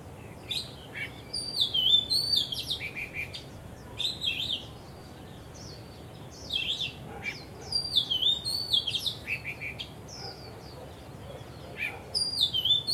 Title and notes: 香港 烏溪沙 雀鳥勁唱歌 Date: 15 December 2006